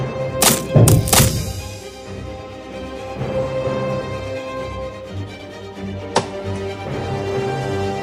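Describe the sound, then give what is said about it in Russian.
Wooden objects in a palace crack and clatter apart: a quick burst of three sharp, loud woody snaps and thuds, then a steady low murmur, with one more lone crack a few seconds later. “Пусть все деревянные предметы во дворце развалятся”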